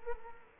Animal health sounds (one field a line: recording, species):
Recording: mosquito wingbeat signal from an infrared sensor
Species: Culex quinquefasciatus